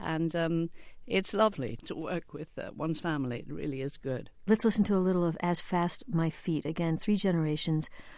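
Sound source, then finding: Adult speaker. Normal speech.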